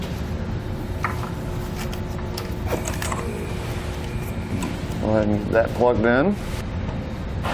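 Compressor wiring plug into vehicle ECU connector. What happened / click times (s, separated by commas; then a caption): The wiring plug is being handled and has not yet clicked home / none. A Firestone Air Command Standard Duty air compressor's wiring harness plug is handled near the ECU connector of a 2017 Chevrolet Silverado 2500 while someone talks. Faint handling ticks are heard around 1.1, 2.4 and 3.0 seconds. Nothing has seated or clicked yet.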